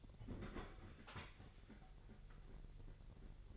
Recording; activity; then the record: daily activity, microphone in the room; open fridge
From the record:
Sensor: 4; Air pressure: 989.2 hPa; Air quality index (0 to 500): 222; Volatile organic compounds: 79 ppm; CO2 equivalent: 3599 ppm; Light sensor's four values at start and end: 27/93/34/36 and 26/91/33/36